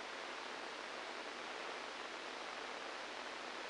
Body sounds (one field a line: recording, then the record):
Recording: brain microelectrode recording played as sound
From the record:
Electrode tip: inside the subthalamic nucleus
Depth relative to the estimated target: -2 mm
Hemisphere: right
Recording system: NeuroSet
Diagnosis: Parkinson's disease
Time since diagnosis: 7 years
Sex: male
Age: 69 years